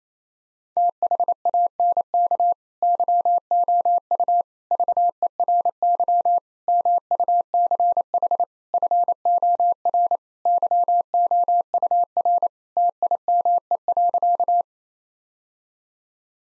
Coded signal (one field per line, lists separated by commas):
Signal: Morse code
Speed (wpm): 28 wpm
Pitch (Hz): 700 Hz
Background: none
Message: THANK YOU VERY MUCH FOR YOUR TIME.